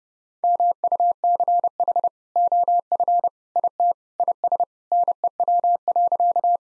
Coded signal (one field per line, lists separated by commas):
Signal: Morse code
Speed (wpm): 30 wpm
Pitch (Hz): 700 Hz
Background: none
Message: MUCH OF IT IS NEW.